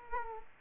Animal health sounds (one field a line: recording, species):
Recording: mosquito wingbeat signal from an infrared sensor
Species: Culex quinquefasciatus